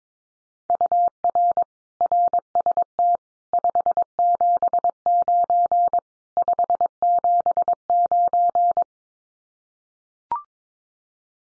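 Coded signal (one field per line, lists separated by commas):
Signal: Morse code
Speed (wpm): 22 wpm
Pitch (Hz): 700 Hz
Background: none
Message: UR RST 579 579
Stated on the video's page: Morse practice at 22 wpm: common QSO phrases, sent, spoken, then sent again, for head-copy training.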